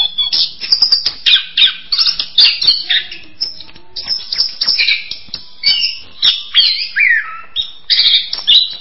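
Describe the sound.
Bird song made of rapid squeaky chirps and twittering phrases in repeated bursts, with a few sweeping slurs near the end.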